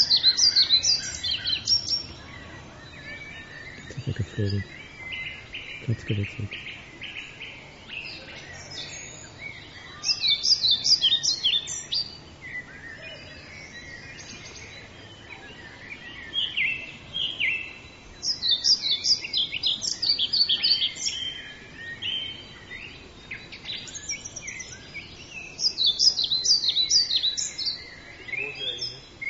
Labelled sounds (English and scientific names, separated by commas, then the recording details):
European Pied Flycatcher (Ficedula hypoleuca) song
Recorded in the wild
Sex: male
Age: adult
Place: Waldsieversdorf, Märkische Schweiz, Brandenburg, DE
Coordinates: 52.5397, 14.0758
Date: 1993-05-02 14:00
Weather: fair, 25°C
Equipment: Aiwa HD-S1, Sennheiser MKH 70
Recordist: Frommolt, Karl-Heinz